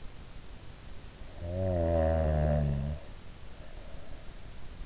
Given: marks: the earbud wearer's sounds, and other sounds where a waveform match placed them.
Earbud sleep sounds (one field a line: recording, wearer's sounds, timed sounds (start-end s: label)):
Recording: sounds in sleep by an in-ear microphone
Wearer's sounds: snoring breath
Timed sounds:
1.15-4.24 s: snoring breath